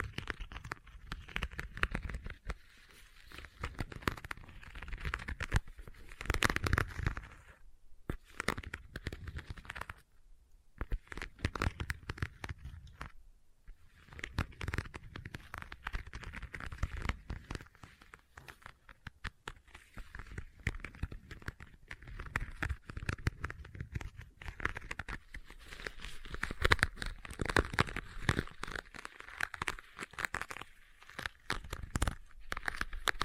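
Leather being tapped and scratched, a dense run of short crinkly scrapes and soft taps that keeps going almost without pause. The scratching comes in busy bursts with brief silent gaps near 8, 10 and 13 seconds, then picks back up and grows livelier toward the end.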